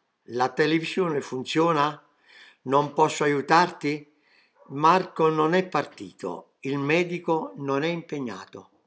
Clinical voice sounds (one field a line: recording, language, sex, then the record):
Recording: read phrases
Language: Italian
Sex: male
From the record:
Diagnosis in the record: healthy control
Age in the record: 77 years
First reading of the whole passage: 68 s, 7.6 characters per second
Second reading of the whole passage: 60 s, 8.3 characters per second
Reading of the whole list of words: 67 s, 4.2 characters per second